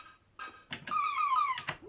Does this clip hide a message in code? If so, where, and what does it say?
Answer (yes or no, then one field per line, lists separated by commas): no